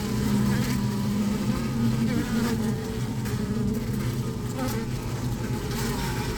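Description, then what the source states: Honey bees buzzing, a continuous deep droning hum of many bees. Recorded inside a beehive.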